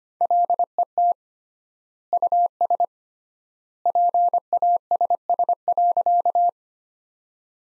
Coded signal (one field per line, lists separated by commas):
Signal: Morse code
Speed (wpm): 25 wpm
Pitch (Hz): 700 Hz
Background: none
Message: LET US PASS.